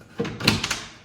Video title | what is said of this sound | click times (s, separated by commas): YOU CAN MAKE IT (Bathroom vanity cabinet *part 1*) | it clicks in place | 0.5 s, 0.6 s